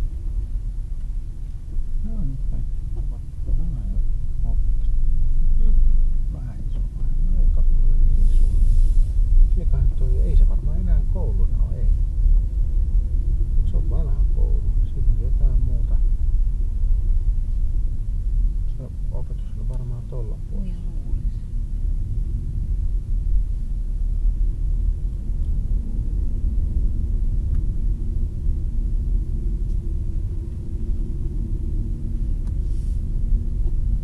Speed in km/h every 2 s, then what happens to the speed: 8, 10, 11, 14, 16, 16, 15, 14, 17, 17, 17, 19, 25, 31, 30, 27, 24.
0-7 speeds up to 16. 7-20 steady at about 16. 20-26 speeds up to 31. 26-34 slows to 24.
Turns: 0-8.